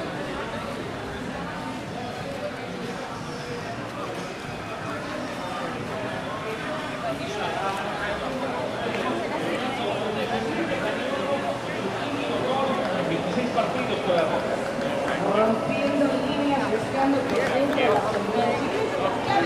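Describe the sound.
Walking down 5th Avenue in Playa del Carmen, with many overlapping voices chattering steadily and no single speaker standing out. The crowd noise grows fuller and louder after about ten seconds, with brighter voices and occasional sharper sounds near the end.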